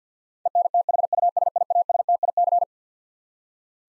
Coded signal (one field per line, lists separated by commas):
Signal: Morse code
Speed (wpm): 50 wpm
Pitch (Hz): 700 Hz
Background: none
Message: ENTHUSIASTIC